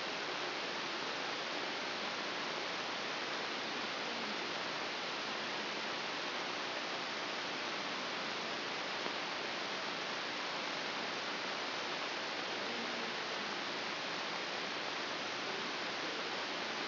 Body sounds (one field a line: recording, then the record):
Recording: brain microelectrode recording played as sound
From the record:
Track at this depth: inside the subthalamic nucleus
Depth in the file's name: 2.234 mm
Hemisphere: left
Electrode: 3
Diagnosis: Parkinson's disease